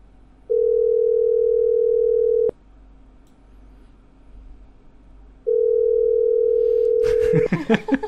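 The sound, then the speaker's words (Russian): A telephone ringback tone sounds twice while a call is being placed: two long, steady, mid-pitched beeps separated by a few seconds of quiet line hiss, with a burst of crackly noise cutting in as the second tone ends. “звоним.”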